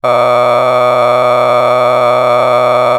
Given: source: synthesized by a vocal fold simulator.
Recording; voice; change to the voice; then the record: sustained vowel; male; a random mix of aspiration noise, stiffness perturbation and strain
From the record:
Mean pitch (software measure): 111 Hz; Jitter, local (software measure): 2.93%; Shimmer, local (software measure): 12.8%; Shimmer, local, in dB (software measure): 1.03 dB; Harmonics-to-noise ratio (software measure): 9.6 dB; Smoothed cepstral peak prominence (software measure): 16.2 dB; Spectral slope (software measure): -14.2 dB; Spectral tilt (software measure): -10.8 dB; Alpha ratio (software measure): -4.7 dB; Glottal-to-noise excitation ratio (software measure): 0.989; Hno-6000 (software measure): 2.0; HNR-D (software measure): 23.5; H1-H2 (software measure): 1.4 dB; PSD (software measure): 2.2e-04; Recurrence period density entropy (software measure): 0.115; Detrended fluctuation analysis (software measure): 0.0330